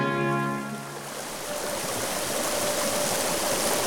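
Steady rushing and gurgling of stream water, a dense continuous hiss that grows fuller after a brief sustained low tone fades out in the first second.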